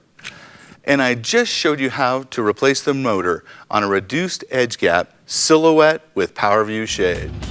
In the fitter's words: and it just snaps right into place.